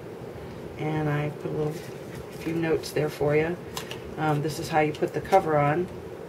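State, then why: Not seated. A plastic back cover is being handled against the body of an LG mobile phone while someone talks. Nothing has seated or clicked yet.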